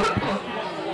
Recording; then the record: coughing mixed with background sound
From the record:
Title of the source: Barking cough - # 10